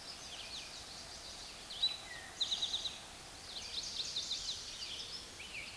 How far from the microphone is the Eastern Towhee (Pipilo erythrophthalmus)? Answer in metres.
about 35 m